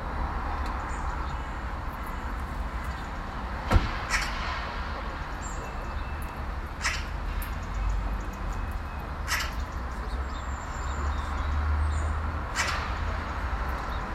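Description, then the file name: Eurasian magpie giving a few scattered harsh, rasping single calls several seconds apart over a steady low rumble of traffic. "Pica pica"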